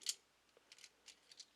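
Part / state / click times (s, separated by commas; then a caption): plastic claws folding into a transforming toy vehicle body / not seated / none. Someone folds the plastic claws of a Mecard Deluxe Dokory transforming toy car in toward the car body, making a series of short, light, high-pitched plastic ticks and scrapes. The loudest tick comes near the start, with fainter ones spread through the clip. The claws do not lock into place and keep sticking out, so nothing has snapped or clicked into place yet.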